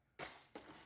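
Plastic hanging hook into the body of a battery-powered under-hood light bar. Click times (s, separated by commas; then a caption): 0.6 s. A plastic hanging hook is folded back into its stowed position in the body of a battery-powered Craftsman CMCL090B V20 under-hood LED light bar. A sharp plastic sound at about 0.2 s is followed by the hook snapping into place with a click at 0.6 s. The hook clicks back in and is seated.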